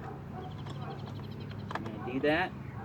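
A small keyed wiring harness plug is handled at the replacement driver-side front door power window switch on a 2003 Dodge Grand Caravan during a door and window repair. Someone talks throughout, with a few brief, faint handling taps around 1.5 to 1.9 s. The plug has not seated or clicked into the switch yet.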